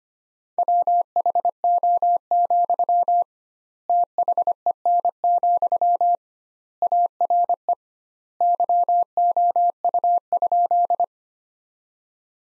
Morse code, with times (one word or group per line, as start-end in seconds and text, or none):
0.6-3.2 WHO,
3.9-6.2 THEN,
6.8-7.7 ARE
8.4-11.0 YOU?